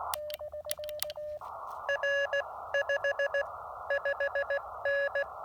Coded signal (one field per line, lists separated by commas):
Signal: Morse code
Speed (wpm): 16 wpm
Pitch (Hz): 1700 Hz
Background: none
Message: R 55N